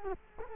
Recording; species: mosquito wingbeat signal from an infrared sensor; Culex quinquefasciatus